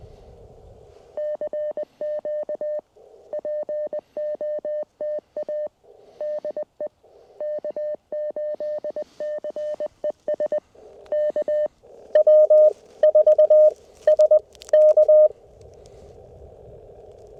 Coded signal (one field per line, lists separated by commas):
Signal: Morse code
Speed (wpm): 20 wpm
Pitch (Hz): 600 Hz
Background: none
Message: CQ POTA DE K8CES K W4SK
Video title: Frosty CW POTA Activation With My 1928 Vibroplex Lightning